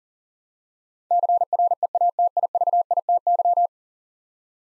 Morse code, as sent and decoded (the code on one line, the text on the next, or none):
-.-. .-. . .- - .. ...- .. - -.--
CREATIVITY